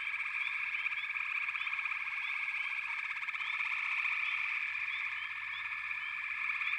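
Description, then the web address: Frogs in full chorus, a steady wall of fast trilling croaks with frequent short rising chirps on top. "Nature Songs Nature Sounds The Natural Sounds of the Wilderness 10 CDs collection Echoes of Nature - Frog Chorus"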